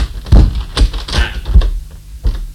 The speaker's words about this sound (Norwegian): Professor? Ja? Døren har satt seg fast igjen. Ja, jeg merker det.